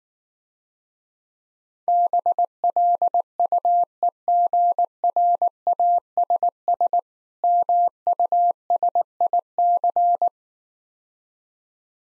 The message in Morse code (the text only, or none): BLUEGRASS MUSIC